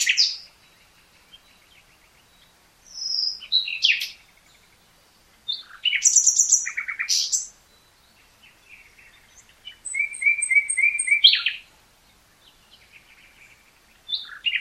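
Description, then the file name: Common nightingale delivering varied phrases: whistled notes, buzzy rattles and a steady repeated trill, each phrase broken by short silences. "Luscinia megarhynchos"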